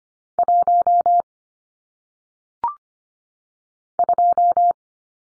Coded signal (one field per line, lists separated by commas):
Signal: Morse code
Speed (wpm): 25 wpm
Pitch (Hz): 700 Hz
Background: none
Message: 1 2